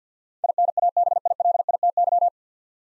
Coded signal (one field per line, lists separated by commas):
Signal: Morse code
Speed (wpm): 50 wpm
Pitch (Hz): 700 Hz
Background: none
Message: INABILITY